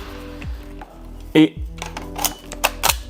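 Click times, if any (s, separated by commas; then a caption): 2.7 s. A loaded BB magazine is pushed into the magazine well of a Swiss Arms FN Herstal M4-style CO2 air rifle while someone talks over steady background tones. After a few handling clicks and knocks, a sharp, loud click at 2.7 s marks the magazine locking in place, fully seated.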